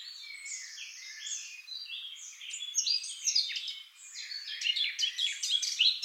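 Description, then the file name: Eurasian blackcap warbling song, starting soft and jumbled, then turning brighter and louder with rapid clear notes near the end. "Sylvia atricapilla"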